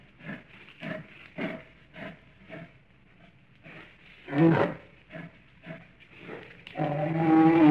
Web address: el oso grune en el zoologico o en la jaula